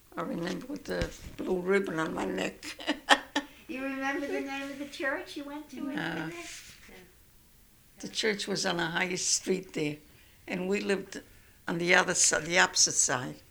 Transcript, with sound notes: I remember, with the blue ribbon on my neck. ( she laughs )
You remember the name of the church you went to in Italy?
No. The church was on a high street there, and we lived on the other side, on the opposite side.